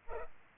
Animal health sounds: mosquito wingbeat signal from an infrared sensor; Culex pipiens

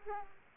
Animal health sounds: mosquito wingbeat signal from an infrared sensor; Aedes aegypti

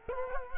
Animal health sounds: mosquito wingbeat signal from an infrared sensor; Culex quinquefasciatus

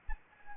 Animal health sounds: mosquito wingbeat signal from an infrared sensor; Anopheles gambiae

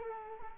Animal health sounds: mosquito wingbeat signal from an infrared sensor; Culex quinquefasciatus

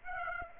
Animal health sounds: mosquito wingbeat signal from an infrared sensor; Aedes aegypti

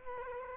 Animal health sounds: mosquito wingbeat signal from an infrared sensor; Culex quinquefasciatus

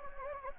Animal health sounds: mosquito wingbeat signal from an infrared sensor; Anopheles gambiae

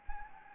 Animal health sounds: mosquito wingbeat signal from an infrared sensor; Anopheles gambiae

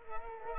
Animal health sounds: mosquito wingbeat signal from an infrared sensor; Culex quinquefasciatus

